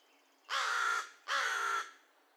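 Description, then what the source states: American crow cawing: two loud, harsh, broad caws about half a second each, spaced close together, over a quiet background. Recorded 2 May 2020; recording contains caw-caws and one single caw.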